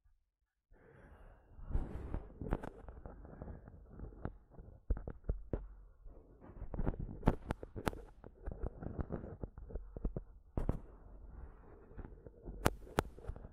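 A microphone is tapped and scratched, with dense rough scraping and sharp irregular knocks throughout, several bright cracks near eight and thirteen seconds.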